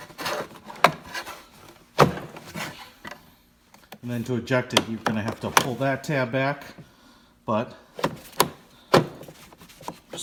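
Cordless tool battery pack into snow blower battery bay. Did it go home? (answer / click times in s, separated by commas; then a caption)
yes / 0.8 s. A 40 V lithium-ion battery pack is pushed down into its plastic bay on a snow blower and locks into place with a sharp click at 0.8 s, and a gray tab shows it is fully installed. Further knocks and clatters follow around 2.0 s and between 8.0 and 9.9 s, and someone talks in the middle of the clip.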